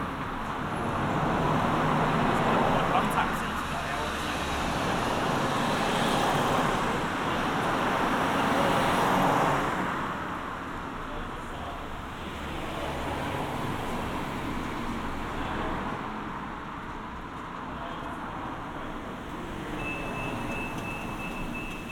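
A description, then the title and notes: Road traffic rumbles through a tunnel, a dense, steady wash of engine and tyre noise that swells louder in the first ten seconds as vehicles pass, then eases slightly. Low droning hum underlies everything, and a faint high whine appears near the end. Bower Road Tunnels. Part of the Sound Map Of Harrogate.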